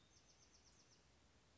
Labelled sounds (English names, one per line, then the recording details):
Bewick's Wren
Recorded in Sonoma County, California